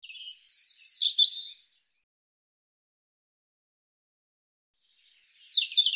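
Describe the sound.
European robin song: a high, tinkling warbled phrase of rapid varied notes lasting over a second, silence, then another thin descending phrase begins near the end.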